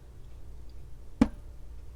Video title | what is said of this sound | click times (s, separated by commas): How to Change a WATCH BATTERY | there it goes did you hear it | 1.2 s